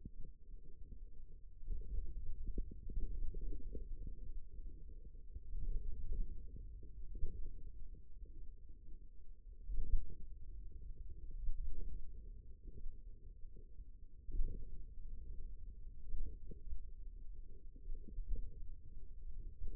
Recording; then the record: forearm muscle sounds (acoustic myography)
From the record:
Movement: finger pinch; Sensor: system 2, bracelet of six BSWA MPA416 microphones around the upper forearm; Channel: 3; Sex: male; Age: 22 years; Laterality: right